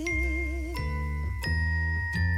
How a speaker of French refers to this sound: Une cloche sonne, sonne. Sa voix d'écho en écho. Dit au monde qui s'étend.